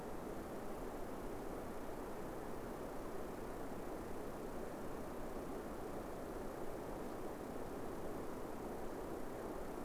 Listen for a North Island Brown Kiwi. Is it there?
no